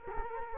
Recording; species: mosquito wingbeat signal from an infrared sensor; Culex quinquefasciatus